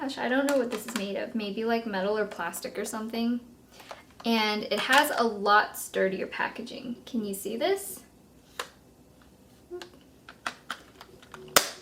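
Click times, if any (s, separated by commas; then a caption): 11.6 s. Someone talks, then a few small clicks follow as the hinged lid of a metallic beige eyeshadow palette, made of metal or plastic, is handled and closed onto its base. It snaps shut with a sharp click at 11.6 s, showing the packaging is sturdier than the older cardboard palette.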